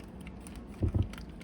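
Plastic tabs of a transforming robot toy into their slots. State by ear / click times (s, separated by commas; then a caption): seated / 0.3 s, 0.5 s, 1.1 s, 1.2 s, 1.4 s. Plastic tabs on a Studio Series 86 Grimlock transforming robot toy are pressed into their slots, giving short, sharp clicks at 0.3, 0.5, 1.1, 1.2 and 1.4 s. Two dull, low-pitched bumps of handling come between about 0.8 and 1.0 s. The tabs seat with clean clicks.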